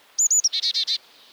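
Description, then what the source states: Carolina chickadee call, two quick high notes and a short lower one, then four rapid buzzy dee notes. Found in the southeastern U.S.; calls chickadee with its own regional accent.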